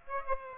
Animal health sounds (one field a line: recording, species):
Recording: mosquito wingbeat signal from an infrared sensor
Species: Aedes aegypti